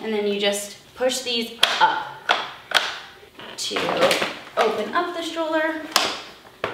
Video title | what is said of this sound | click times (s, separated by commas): BUGABOO ANT Unboxing + First Impressions! | it again and gives you that nice click so | 6.6 s